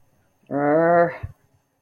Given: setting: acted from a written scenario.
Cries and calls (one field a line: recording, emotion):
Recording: vocal sound without words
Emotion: anger